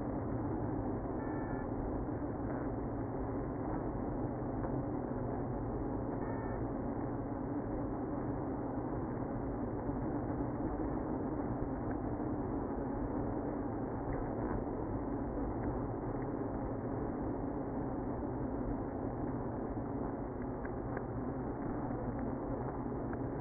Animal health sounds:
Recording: honeybee colony, microphone inside the hive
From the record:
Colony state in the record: queenless (queen removed)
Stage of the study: after two queens were removed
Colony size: about 60,000 bees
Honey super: yes

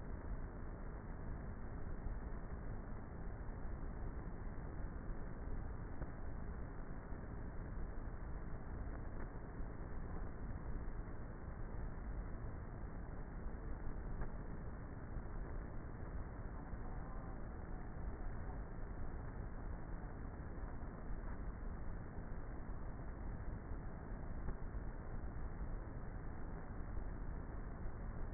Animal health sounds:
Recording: honeybee colony, microphone inside the hive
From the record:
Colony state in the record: queenless with a low population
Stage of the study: before two queens were removed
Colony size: about 30,000 bees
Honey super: no

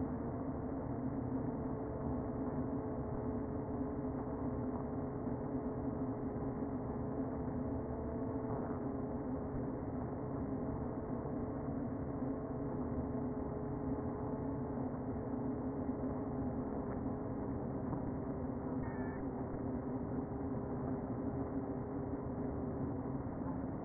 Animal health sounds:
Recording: honeybee colony, microphone inside the hive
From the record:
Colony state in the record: queen present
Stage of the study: before two queens were removed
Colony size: about 60,000 bees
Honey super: yes

